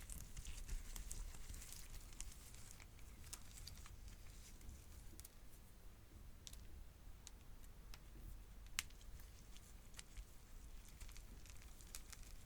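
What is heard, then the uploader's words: Slime being squeezed and worked, with frequent short crisp pops and crackles scattered irregularly throughout. A steady low rumble of handling sits underneath, and one sharper, louder pop stands out near the nine-second mark. ASMR WITH BAD SLIME & GOOD SLIME Popping & Crunching For TingleSss.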